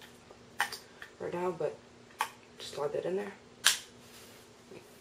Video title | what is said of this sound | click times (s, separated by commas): How to lube the Dye NT | make sure you get that little click the O-ring ceiling and place back there | 3.7 s